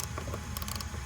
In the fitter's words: hear it clicking